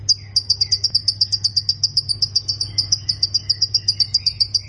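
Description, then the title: Plain prinia song of brisk chirps repeated without a break, against a faint steady hum. "Ciblek Sawah"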